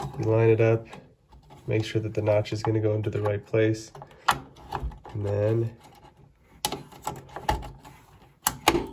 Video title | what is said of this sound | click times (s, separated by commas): Upgrading an Acer Aspire TC-1780-UA92 with more RAM and An Arc A380 gpu. | you hear that click and it's installed | 8.5 s, 8.7 s